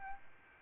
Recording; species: mosquito wingbeat signal from an infrared sensor; Aedes albopictus